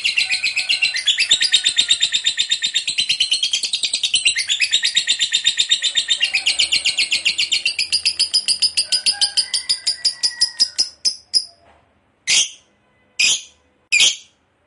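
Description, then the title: Lovebird chattering fast and harshly for about eleven seconds, the pulses slowing and fading before three separate loud, sharp chirps. Long ngekek chatter, described as gacor (in full, frequent voice). "LOVEBIRD NGEKEK PANJANG GACOR BIKIN LATAH"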